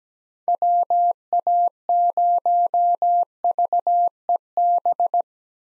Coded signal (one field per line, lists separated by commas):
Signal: Morse code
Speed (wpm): 17 wpm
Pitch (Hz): 700 Hz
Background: none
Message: WA0VEB